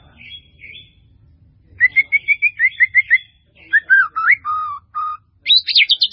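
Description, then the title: White-rumped Shama song: rich whistled phrases, a rapid run of rising-falling notes, then lower slurred whistles and a quick high trill at the end. "murai batu"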